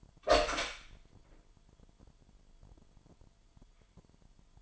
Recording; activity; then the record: daily activity, microphone in the room; open door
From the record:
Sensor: 5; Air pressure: 998.4 hPa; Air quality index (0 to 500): 82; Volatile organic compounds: 1 ppm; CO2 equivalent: 939 ppm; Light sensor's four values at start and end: 30/74/30/33 and 30/74/30/34